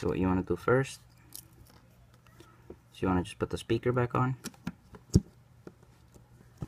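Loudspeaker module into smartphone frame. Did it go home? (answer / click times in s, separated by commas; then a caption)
yes / 5.1 s. During reassembly of a Samsung Galaxy S3 after a glass-only screen replacement, the loudspeaker module is pressed back into the phone's plastic housing while someone talks. Faint ticks of handling are followed by a sharp snap at 5.1 s as the module seats in place.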